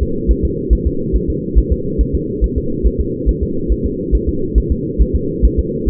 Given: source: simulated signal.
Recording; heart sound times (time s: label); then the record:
fetal heart sounds
0.03 s: S2
0.31 s: S1
0.45 s: S2
0.73 s: S1
0.87 s: S2
1.16 s: S1
1.30 s: S2
1.58 s: S1
1.73 s: S2
2.01 s: S1
2.15 s: S2
2.44 s: S1
2.58 s: S2
2.87 s: S1
3.01 s: S2
3.29 s: S1
3.43 s: S2
3.72 s: S1
3.86 s: S2
4.15 s: S1
4.29 s: S2
4.58 s: S1
4.72 s: S2
5.02 s: S1
5.16 s: S2
5.45 s: S1
5.59 s: S2
5.89 s: S1
From the record:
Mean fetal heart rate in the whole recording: 140 bpm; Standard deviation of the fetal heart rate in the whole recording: 2 bpm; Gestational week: 34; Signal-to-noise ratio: -6.6 dB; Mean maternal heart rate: 72 bpm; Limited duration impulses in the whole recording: present